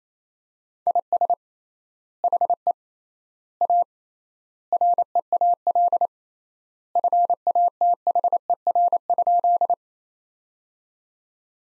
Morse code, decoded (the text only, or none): IS HE A REAL FATHER?